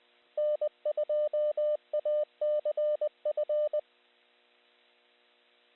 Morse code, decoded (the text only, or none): N2ACF